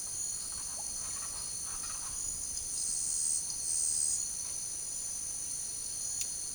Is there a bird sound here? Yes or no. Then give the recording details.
yes. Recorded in secondary vegetation near Puerto Asís, Putumayo, Colombia, on 21 March 2025 at 08:00. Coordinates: 0.489, -76.322. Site G042